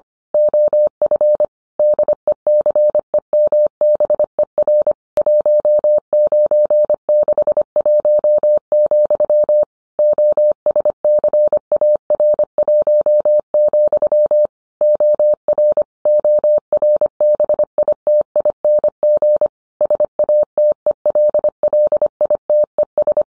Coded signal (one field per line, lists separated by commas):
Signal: Morse code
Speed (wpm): 25 wpm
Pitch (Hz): 600 Hz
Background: none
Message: OF DECEMBER 1961, OSCAR1, OR ORBITING SATELLITES